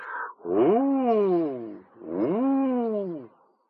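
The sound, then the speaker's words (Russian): A wolf in the mountains howls twice, each long, mournful cry rising and then slowly falling in pitch, with a brief pause between the two howls and no talking. “Тут в горах что-то завыло.”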